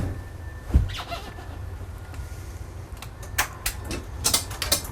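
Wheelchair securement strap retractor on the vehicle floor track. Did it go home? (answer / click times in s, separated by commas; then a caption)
yes / 3.4 s, 3.7 s, 4.6 s. A power chair is driven forward and back so the floor-mounted webbing retractors on the mini-bus floor track draw the wheelchair tie-down straps tight. Their ratchets click at 3.4, 3.7 and 4.6 seconds as they take up slack and lock, over a low steady rumble. The retractors end up locked tight, securing the chair.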